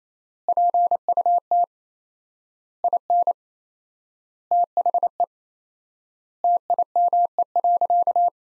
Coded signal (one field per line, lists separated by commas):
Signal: Morse code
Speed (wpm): 27 wpm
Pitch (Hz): 700 Hz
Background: none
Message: PUT IN THE TIME.